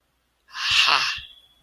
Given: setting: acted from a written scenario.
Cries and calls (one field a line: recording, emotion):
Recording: vocal sound without words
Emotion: realization